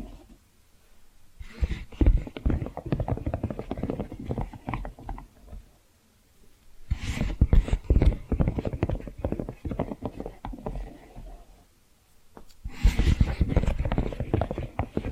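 Fast, dense tapping and scratching comes in three bursts, each several seconds long, separated by brief quiet pauses near six and twelve seconds.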